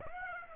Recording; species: mosquito wingbeat signal from an infrared sensor; Aedes aegypti